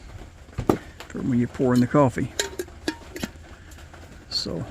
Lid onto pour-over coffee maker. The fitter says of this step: and the lid will also snap right down in there